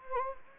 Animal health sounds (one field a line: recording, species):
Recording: mosquito wingbeat signal from an infrared sensor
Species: Anopheles gambiae